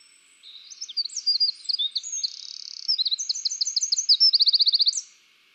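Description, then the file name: Eurasian wren: an explosive burst of high, tinkling notes, a dry buzzy trill and repeated chips, finishing with a fast rattling trill after about five seconds. "Troglodytes troglodytes"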